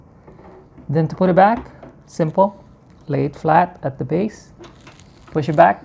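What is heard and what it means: The removable front panel covering the fans of a Gamdias Athena M2 PC case is laid flat at its base and pushed back on, while someone talks. Brief handling noises come at about 0.3 s and around 4.9–5.0 s. Nothing has seated or clicked yet.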